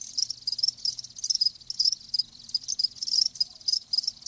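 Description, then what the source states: Crickets chirp in bright, high pulsed bursts, roughly two per second, evenly repeating throughout. Live crickets chirping in a lulling song, as a sleep sound.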